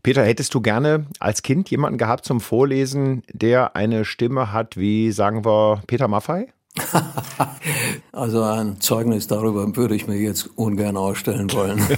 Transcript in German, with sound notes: Peter, hättest Du gerne als Kind jemanden gehabt zum Vorlesen, der eine Stimme hat wie, sagen wir, Peter Maffay?
(lacht) Also ein Zeugnis darüber würde ich mir jetzt ungern ausstellen wollen.